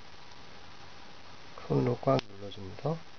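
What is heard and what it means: A plastic RJ45 plug on a LAN network cable sits in a crimping tool that is being squeezed hard by hand. Someone talks over a low background hiss, and there is a faint sudden sound at 1.6 s. The plug is only being handled and nothing has clicked or seated yet.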